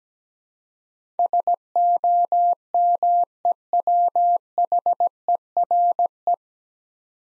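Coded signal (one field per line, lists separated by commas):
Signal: Morse code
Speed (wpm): 17 wpm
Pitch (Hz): 700 Hz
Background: none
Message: SOMEWHERE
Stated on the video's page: Morse practice drill at 17 wpm: nine-letter words for head-copy, each sent twice, aiding the transition from individual characters to whole words.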